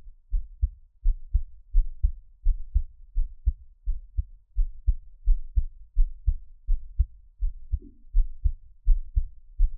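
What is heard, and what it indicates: A heartbeat, recorded close to the chest of an adult, at about 85 beats per minute, with no talking.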